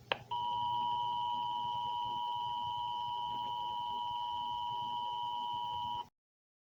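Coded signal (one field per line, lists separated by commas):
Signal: Emergency Alert System (SAME) tones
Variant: 853 and 960 Hz attention tone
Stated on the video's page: Historical EAS scenario, a recreation rather than a real alert.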